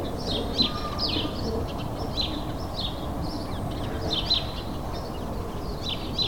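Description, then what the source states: Sparrows giving short chirps in loose clusters, several birds overlapping, over low background noise. Several sparrows in a suburban setting, May 2022.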